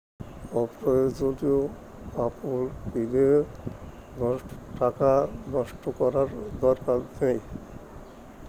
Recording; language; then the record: elicited speech; Bengali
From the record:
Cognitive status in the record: dementia